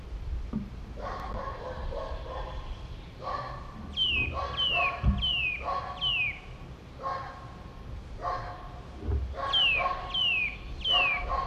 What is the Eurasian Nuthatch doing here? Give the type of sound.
call